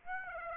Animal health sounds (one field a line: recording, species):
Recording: mosquito wingbeat signal from an infrared sensor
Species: Aedes aegypti